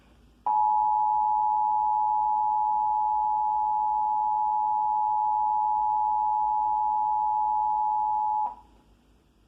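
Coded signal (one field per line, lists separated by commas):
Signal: Emergency Alert System (SAME) tones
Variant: 853 and 960 Hz attention tone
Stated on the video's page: Required Monthly Test received via Comcast cable.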